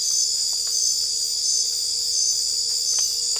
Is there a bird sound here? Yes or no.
no